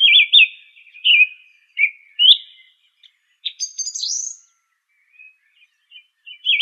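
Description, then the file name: Song thrush song: clear whistled notes repeated in short bursts, then a high thin trill and further whistles. "suara kicauan burung song thrush. omkicau"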